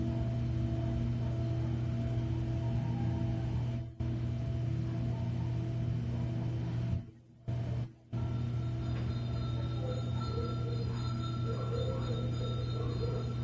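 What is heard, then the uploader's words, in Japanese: A singing bowl rings in a steady, layered drone, with a deep low hum beneath several sustained overtones. The sound cuts out briefly near four seconds and twice around seven to eight seconds, then resumes, with a thin higher ring emerging later. メキシコから シンギングボウルのサウンドヒーリング。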